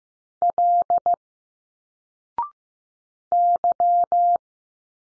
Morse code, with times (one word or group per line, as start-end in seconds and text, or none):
0.4-1.1 L
3.3-4.4 Y